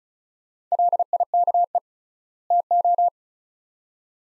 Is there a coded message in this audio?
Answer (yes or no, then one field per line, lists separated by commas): yes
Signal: Morse code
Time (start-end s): 0.7-3.1 s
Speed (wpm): 36 wpm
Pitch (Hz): 700 Hz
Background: none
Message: LIKE TO